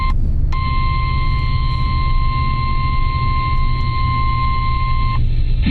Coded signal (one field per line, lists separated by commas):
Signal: Emergency Alert System (SAME) tones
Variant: 1050 Hz attention tone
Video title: EAS 327- Severe Thunderstorm Warning on WABE-FM